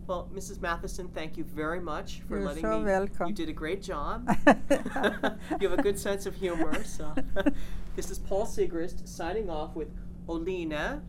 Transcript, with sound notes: Well, Mrs. Mathisen, thank you very much for...
You're so welcome.
...letting me, you did a great job. (they laugh) You have a good sense of humor, so, this is Paul Sigrist signing off with Oline...